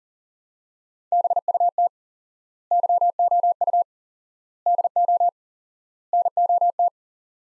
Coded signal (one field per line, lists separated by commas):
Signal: Morse code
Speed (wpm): 40 wpm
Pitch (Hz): 700 Hz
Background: none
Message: BUT YOU DO NOT